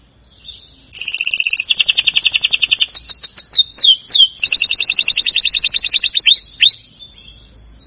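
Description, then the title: Canary singing a brilliant series of fast rolling tours, two-toned trills giving way to swooping slurred notes, then a long rapid trill ending in a downslurred whistle. "Kenari"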